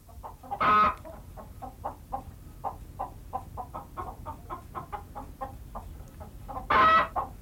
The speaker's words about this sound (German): Julchen hat ein Ei gelegt! Julchen? Ich hör's! Wie man einen Huhn Julchen nennen kann.